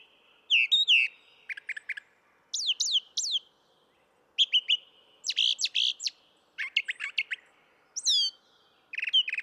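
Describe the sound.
Brown thrasher song of changeable phrases, with downslurred whistles, harsh chirps and clipped note clusters, each phrase followed by a short pause.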